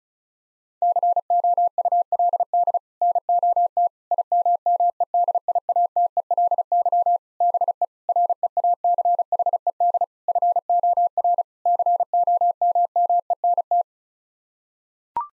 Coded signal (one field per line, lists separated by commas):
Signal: Morse code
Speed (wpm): 36 wpm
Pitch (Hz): 700 Hz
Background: none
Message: COULD NOT IMMEDIATELY BE REACHED FOR COMMENT